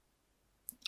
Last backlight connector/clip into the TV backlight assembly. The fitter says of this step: Okay, you hear a click when it goes in place.